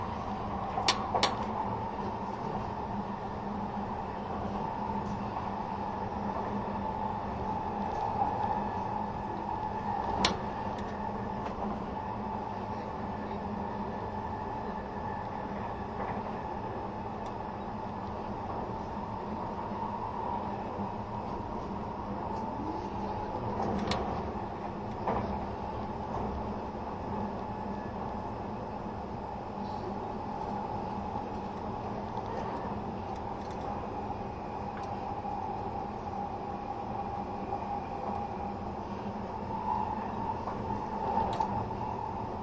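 Running sound of the Spacia X limited express train: a steady rumbling drone with a strong low hum and a sustained midrange tone throughout. Brief sharp clicks and knocks from the rails break through every few seconds, notably around 1, 10, 24 and 42 seconds.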